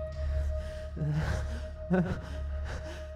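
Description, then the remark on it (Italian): Quickened, audible breathing, with two sharper gasping inhales about a second apart among softer breaths, over a faint steady hum. No talking. “Intanto si accorse che il suo respiro si era fatto più veloce.”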